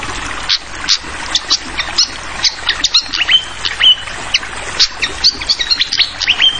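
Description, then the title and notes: Malaysian pied fantail song of dense high chirps and ticks mixed with short whistled slurs, busy and unbroken throughout, with a soft constant hiss behind. Tutoring recording (masteran) for training songbirds, clear voice, mixed with the sound of flowing water. "Masteran Sikatan Kipas Suara Jernih Dan Suara Gemericik Air. Suara Burung Sikatan Londo"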